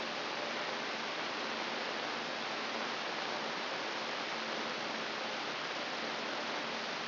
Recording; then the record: brain microelectrode recording played as sound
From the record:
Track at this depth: inside the subthalamic nucleus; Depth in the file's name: 2.348 mm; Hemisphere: right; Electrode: 3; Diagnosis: Parkinson's disease